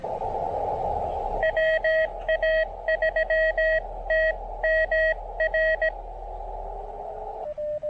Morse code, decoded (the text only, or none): WA3TMR